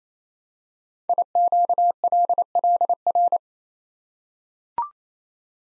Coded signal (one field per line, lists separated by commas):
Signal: Morse code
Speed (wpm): 27 wpm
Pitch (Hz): 700 Hz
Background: none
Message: IQLLR